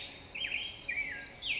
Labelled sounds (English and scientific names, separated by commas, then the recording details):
Black-headed Grosbeak (Pheucticus melanocephalus)
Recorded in Sonoma County, California